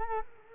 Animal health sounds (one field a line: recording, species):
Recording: mosquito wingbeat signal from an infrared sensor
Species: Culex quinquefasciatus